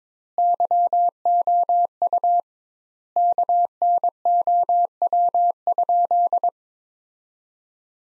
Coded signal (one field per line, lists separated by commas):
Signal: Morse code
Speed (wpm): 23 wpm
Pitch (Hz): 700 Hz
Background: none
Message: YOU KNOW?